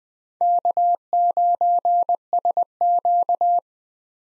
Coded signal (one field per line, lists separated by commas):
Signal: Morse code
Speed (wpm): 20 wpm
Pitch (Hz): 700 Hz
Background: none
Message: K9SQ